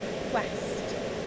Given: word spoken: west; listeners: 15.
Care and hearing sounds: one English word in noise, from a listening test; speech-shaped noise; -4.7 dB; 1 of 15; 14 of 15; 0.87 s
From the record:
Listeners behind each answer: 14, 1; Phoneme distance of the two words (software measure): 7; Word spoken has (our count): 1 syllable, 4 phonemes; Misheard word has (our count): 1 syllable, 5 phonemes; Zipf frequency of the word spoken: 5.29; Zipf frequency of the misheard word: 4.11

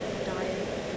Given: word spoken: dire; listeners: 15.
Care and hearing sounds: one English word in noise, from a listening test; speech-shaped noise; -4.4 dB; 2 of 15; 9 of 15; 0.57 s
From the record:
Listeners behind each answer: 9, 2, 1, 1, 1, 1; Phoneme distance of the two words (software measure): 7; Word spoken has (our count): 2 syllables, 3 phonemes, stress on syllable 1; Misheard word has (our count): 2 syllables, 4 phonemes, stress on syllable 1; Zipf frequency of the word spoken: 3.65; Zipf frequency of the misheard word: 4.26

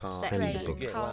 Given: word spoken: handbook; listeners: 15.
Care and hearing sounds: one English word in noise, from a listening test; four-talker babble; -0.3 dB; 0 of 15; 6 of 15; 0.73 s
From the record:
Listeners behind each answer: 6, 2, 2, 1, 1, 1, 1, 1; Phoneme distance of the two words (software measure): 28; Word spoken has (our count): 2 syllables, 7 phonemes, stress on syllable 1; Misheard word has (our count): 1 syllable, 3 phonemes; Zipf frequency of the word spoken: 2.88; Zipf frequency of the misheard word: 5.21

